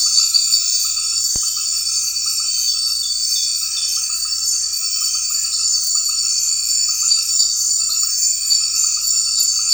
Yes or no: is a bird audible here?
no